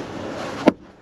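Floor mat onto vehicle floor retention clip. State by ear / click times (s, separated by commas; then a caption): seated / 0.7 s. A rubber all-weather floor mat is pressed onto its floor retention clip in a pickup truck, a Jeep Gladiator. Over a steady broadband background, a short, sharp snap lands at 0.7 s, and the noise then drops to near silence. The mat is seated on the clip.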